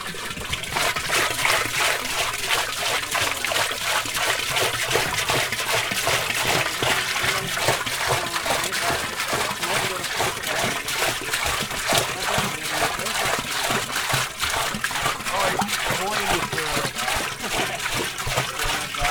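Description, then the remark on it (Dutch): A steady stream of trickling water splatters continuously for the whole stretch, hissy and even in loudness with a fine, bubbling texture and no pauses or talking. “Dat klinkt als een plasje. Echt een heel mooi geluid dit hoor. Ja, water.”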